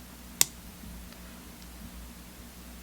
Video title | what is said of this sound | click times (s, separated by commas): OptiSnap Long | push it over the connector until you hear it snap | 0.4 s